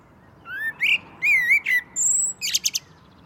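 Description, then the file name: Common blackbird giving a warbled, fluted whistle phrase. It is followed by a thin high whistle and a quick trill of squeaky twittering notes. "Turdus merula"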